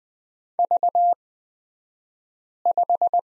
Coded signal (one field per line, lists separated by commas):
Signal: Morse code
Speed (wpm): 20 wpm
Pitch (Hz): 700 Hz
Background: none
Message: V5